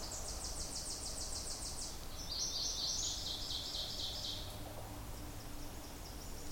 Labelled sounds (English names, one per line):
Ovenbird song